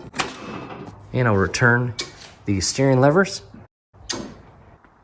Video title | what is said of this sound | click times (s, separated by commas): How to remove Zero Turn mower battery | that could be harmed as you position the seat back in place and push down until it clicks and locks | 0.2 s